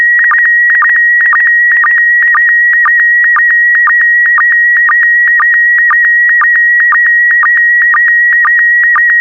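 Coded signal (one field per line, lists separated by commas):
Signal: SSTV (slow-scan television)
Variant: PD120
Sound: steady high warbling tone with rhythmic clicking dips about twice a second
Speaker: the next image transmission will start in 10 seconds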